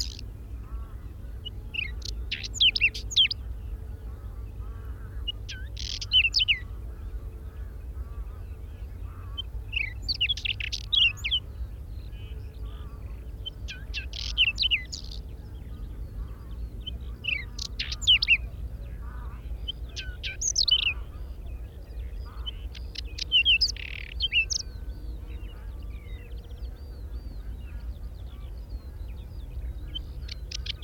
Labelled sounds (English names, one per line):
Whinchat song